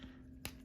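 The tabbed-together plastic legs and feet of a Transformers Studio Series Deluxe Class Sideways robot figure are pulled apart. A single sharp pop at 0.4 s, the loudest sound in the clip, marks the tabs releasing. They are secure but not snug, so they come apart easily.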